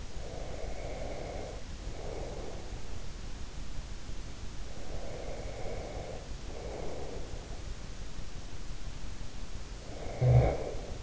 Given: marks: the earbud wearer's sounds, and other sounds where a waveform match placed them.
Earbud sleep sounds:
sounds in sleep by an in-ear microphone; breath, snoring breath
0.00-3.15 s: breath
4.48-7.80 s: breath
9.79-11.03 s: snoring breath

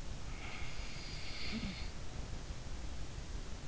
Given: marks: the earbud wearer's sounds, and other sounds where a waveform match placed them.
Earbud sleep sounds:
sounds in sleep by an in-ear microphone; snoring breath
0.40-3.26 s: snoring breath

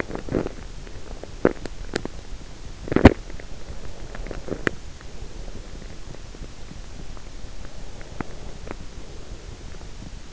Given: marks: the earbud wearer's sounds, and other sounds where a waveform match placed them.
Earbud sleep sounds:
sounds in sleep by an in-ear microphone; teeth grinding, breath
0.00-0.65 s: teeth grinding
1.04-3.51 s: teeth grinding
4.16-5.39 s: teeth grinding
7.47-10.33 s: breath

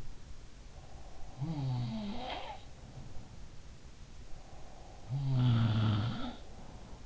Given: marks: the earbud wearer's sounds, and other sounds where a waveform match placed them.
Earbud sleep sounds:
sounds in sleep by an in-ear microphone; breath
0.64-3.03 s: breath
1.33-3.50 s: sound from someone else or the room
4.25-7.05 s: breath
4.90-7.05 s: sound from someone else or the room

